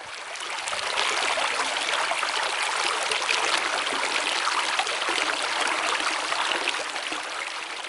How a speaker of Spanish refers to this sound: Un sonido que me gusta es el cauce de un río.